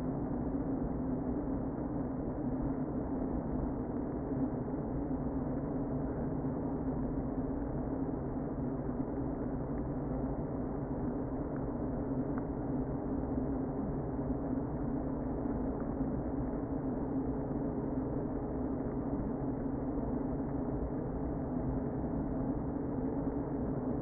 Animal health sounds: honeybee colony, microphone inside the hive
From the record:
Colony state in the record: queen present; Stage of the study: before two queens were removed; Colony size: about 60,000 bees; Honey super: yes

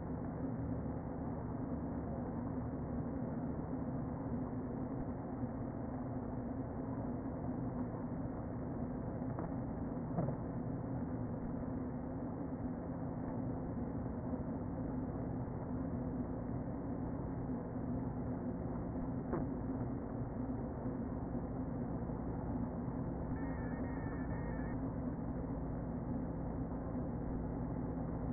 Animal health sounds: honeybee colony, microphone inside the hive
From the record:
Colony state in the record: queen present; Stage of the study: before two queens were removed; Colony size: about 60,000 bees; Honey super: yes

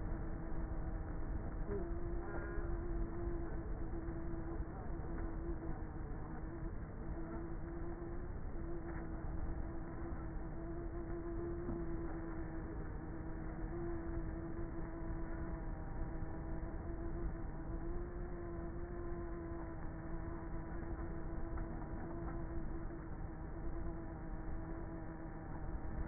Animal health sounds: honeybee colony, microphone inside the hive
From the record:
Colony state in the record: queenless with a low population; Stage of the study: before two queens were removed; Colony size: about 30,000 bees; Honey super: no

